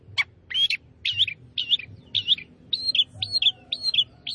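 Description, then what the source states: Long-tailed shrike song of varied notes, first rough and grating, then clearer whistled slurs, delivered in a quick uneven series over a soft low hum. Singing lively, described with the Indonesian term gacor.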